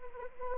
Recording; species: mosquito wingbeat signal from an infrared sensor; Anopheles arabiensis